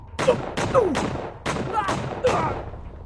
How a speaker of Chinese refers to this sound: 外面就突然传来枪声，不止一声，起码接二连三，似乎还有惨叫。